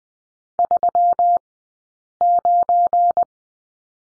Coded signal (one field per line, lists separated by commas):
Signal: Morse code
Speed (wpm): 20 wpm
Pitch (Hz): 700 Hz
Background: none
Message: 39